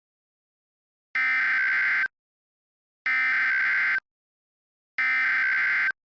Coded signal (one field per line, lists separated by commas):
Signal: Emergency Alert System (SAME) tones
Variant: header bursts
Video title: EAS Scenario - The Carolina Ejection (REUPLOAD)